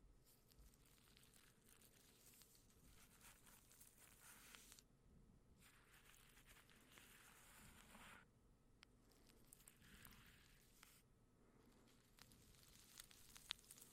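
Plastic wrap is crinkled softly with a steady, dense crackle that comes in bursts, pausing briefly around five and eight seconds. The crinkling is bright and papery, with a faint low rumble underneath and a few sharper ticks near the end.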